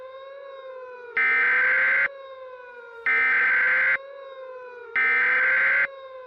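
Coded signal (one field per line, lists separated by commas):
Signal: Emergency Alert System (SAME) tones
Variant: header bursts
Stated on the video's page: Fictional EAS scenario about the USA's self-demise, inspired by another scenario.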